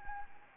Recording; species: mosquito wingbeat signal from an infrared sensor; Anopheles gambiae